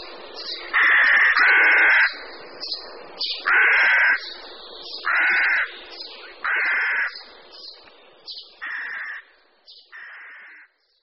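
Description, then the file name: Rook calling with rasping, hoarse caws, loud drawn-out calls mixed with shorter ones, about one a second, the last few quieter. "Havran-polní"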